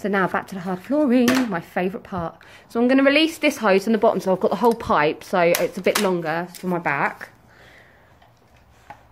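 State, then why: Seated. Someone talks about a Shark Lift-away NV680UKT vacuum while releasing the hose to use the whole long pipe (wand), which is longer and easier on the back. After the talking stops, the plastic handle is fitted onto the wand and gives a short, sharp click at 8.9 s as it seats.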